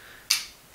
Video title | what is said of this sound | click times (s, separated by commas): Master Lock Smart Connected | You hear it click and you see the light. | 0.3 s